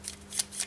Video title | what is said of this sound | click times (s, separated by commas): How to Service the Hornby Ringfield Motor | shove it in over there like this and then just bring it down until it clicks and that is now | 0.4 s